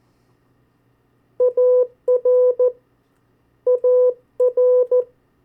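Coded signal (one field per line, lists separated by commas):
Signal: Morse code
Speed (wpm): 14 wpm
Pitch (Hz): 500 Hz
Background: none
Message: AR AR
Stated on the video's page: Morse code drill of state abbreviations at variable speeds.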